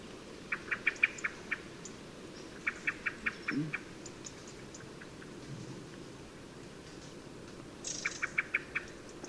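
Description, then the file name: Common blackbird giving three runs of rapid, metallic clicking calls, each several notes long, with faint high chirps and soft background noise. "Turdus merula"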